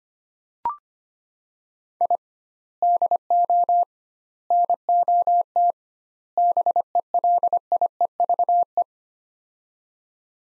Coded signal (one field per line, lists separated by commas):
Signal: Morse code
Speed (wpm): 25 wpm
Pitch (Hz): 700 Hz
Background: none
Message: I DO NOT BELIEVE